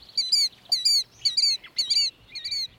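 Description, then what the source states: Plover calls: five short, high, ringing bursts of a couple of notes each, about every half second. Plovers rearrange pebbles on the ground to create a nest.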